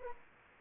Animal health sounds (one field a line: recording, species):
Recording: mosquito wingbeat signal from an infrared sensor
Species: Anopheles arabiensis